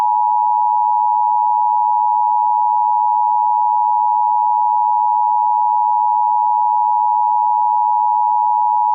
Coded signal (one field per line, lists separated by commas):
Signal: Emergency Alert System (SAME) tones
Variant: 853 and 960 Hz attention tone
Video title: EAS Scenario | Tamagotchis!